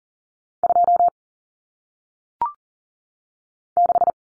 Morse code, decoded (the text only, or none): 2 6